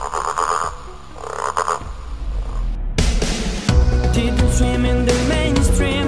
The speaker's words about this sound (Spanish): Soy verde, me gusta saltar, jugar en el charco y también sé croar. ¿Quién soy? La rana.